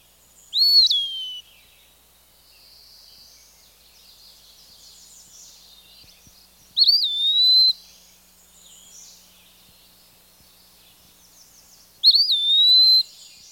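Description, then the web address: Eastern wood pewee singing three whistled phrases, each dropping sharply from a high note then leveling, spaced about five to six seconds apart in quiet surroundings. Recorded in the Chicago region. "Birds of the Chicago Region. Eastern Wood Pewee"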